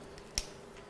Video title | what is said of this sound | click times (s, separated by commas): BDLB - Objectif zéro déchet : un apprentissage au quotidien | là bas ça dans la tête en fait la tête elle se clipse à l'intérieur voilà | 0.4 s